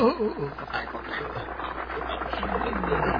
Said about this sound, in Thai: นั่นเสียงรถม้าของโยเซฟกับยูดาใช่ไหมนะ ใช่แล้วครับพ่อ